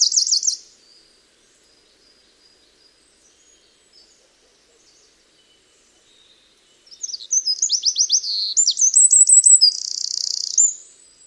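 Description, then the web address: Bird: a brief high chirp burst, a long quiet gap, then a fast, bright song of sliding chirps and a buzzy trill for the last four seconds. "Bird Only"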